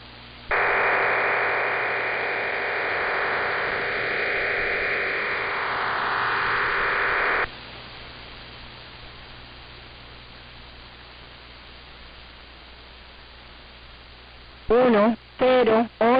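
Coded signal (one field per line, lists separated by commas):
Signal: numbers station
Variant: HM01, Spanish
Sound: seven seconds of flat digital hiss, then static, then three short spoken words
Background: radio static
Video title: 10 01 2023 Numbers HM01 Cuban Spy in Spanish 0855 on 11462 Bejucal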